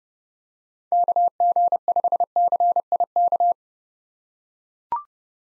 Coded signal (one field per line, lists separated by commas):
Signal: Morse code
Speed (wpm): 32 wpm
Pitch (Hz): 700 Hz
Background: none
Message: KG5CIK